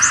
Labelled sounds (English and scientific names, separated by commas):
Blue-winged Warbler (Vermivora cyanoptera) flight call